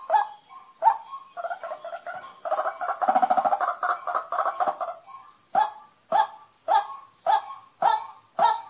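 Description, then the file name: White-breasted waterhen calls, harsh clucking notes breaking into a rapid chattering, rattling burst in the middle, then returning to evenly spaced honks, over steady high hiss. Call used as a lure for hunting at night. "เสียงนกกวักเน้นยิงกลางคืน"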